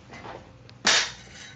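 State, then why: Seated. The side panel of a Corsair C70 PC case is refitted into the case frame, with a faint tick at about 0.7 s. Its retention clips then snap home with a sharp, bright click at 0.9 s that fades over the next few tenths of a second. The panel is seated.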